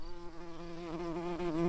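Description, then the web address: Early bumblebee buzzing with a steady, low, humming drone that wavers slightly in pitch and grows a little louder toward the end. Queen early bumblebees. "bumblebees Pratorum-queens"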